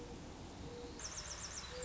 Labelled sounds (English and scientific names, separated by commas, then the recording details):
Mourning Dove (Zenaida macroura)
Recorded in Sonoma County, California